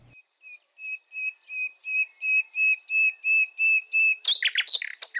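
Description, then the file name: Common nightingale song opening with a long series of evenly spaced whistled notes that grow louder, followed by a sudden rattling burst. "fulemule"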